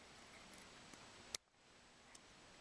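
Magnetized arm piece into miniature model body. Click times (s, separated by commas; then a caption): 1.3 s. A magnetized plastic arm or weapon piece is set onto a Dark Eldar Talos Chronos miniature body and pulled home by the embedded magnet. Several light ticks are heard against a steady hiss, and the sharpest, a bright snap at 1.3 s, marks the piece seating into place.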